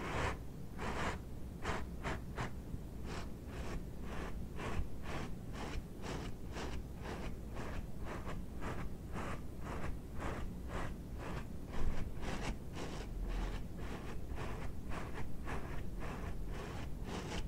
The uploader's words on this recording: ASMR GLOVES SOUNDS - DISHWASHING GLOVES, EAR MASSAGE, GLOVES SCRATCHING - NO TALKING.